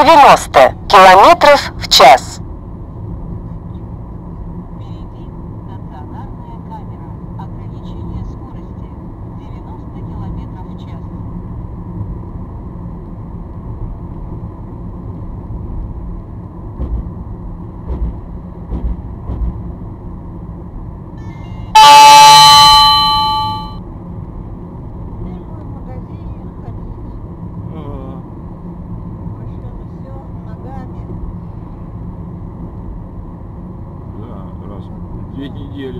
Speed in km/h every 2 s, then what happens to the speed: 63, 64, 68, 71, 71, 71, 73, 74, 70, 66, 66, 66, 67, 68, 69, 70, 69, 68.
0-13 speeds up to 74. 13-19 slows to 66. 19-36 steady at about 68.